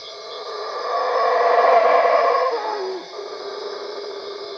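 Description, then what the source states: Howler monkey roaring, a broad, swelling growl that builds and then fades, ending in a short falling moan. At Cuevas.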